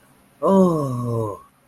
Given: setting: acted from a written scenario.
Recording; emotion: vocal sound without words; ecstasy